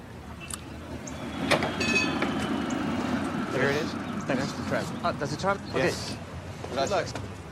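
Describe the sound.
A tram rumbles steadily along its rails, with a brief high metallic squeal early on and scattered clanks and rattles, while indistinct voices murmur underneath.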